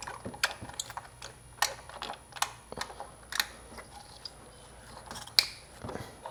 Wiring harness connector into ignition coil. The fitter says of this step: make sure you hear the click